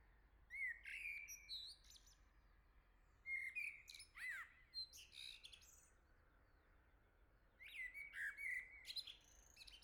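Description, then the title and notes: Common blackbird song in three flowing whistled phrases with thin high squeaks at their ends. "Le Merle salue l'été, 3 Gd Rue de Chassagne, 17220 La Jarrie, France. Quel Sol!!!! pour saluer l'arrivée de l'été ce matin! Merci Jolie Merle de tes vocalises à proximité!"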